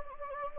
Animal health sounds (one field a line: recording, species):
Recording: mosquito wingbeat signal from an infrared sensor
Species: Anopheles gambiae